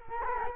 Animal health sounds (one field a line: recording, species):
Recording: mosquito wingbeat signal from an infrared sensor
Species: Culex quinquefasciatus